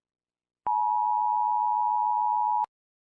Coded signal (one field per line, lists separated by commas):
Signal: Emergency Alert System (SAME) tones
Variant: 853 and 960 Hz attention tone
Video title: EAS Scenario 1: Hazbin Hotel Horror Mayhem!!! (Read Description